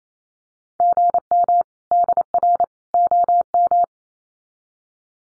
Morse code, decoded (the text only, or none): GM DR OM